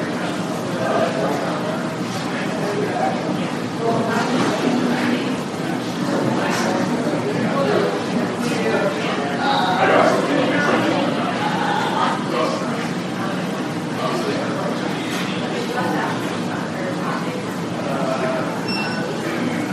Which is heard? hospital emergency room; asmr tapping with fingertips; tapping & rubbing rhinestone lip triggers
hospital emergency room